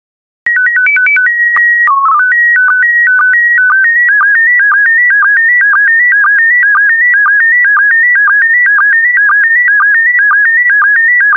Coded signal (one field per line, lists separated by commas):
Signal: SSTV (slow-scan television)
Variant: PD 120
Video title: 44011 Alaska SSTV PD120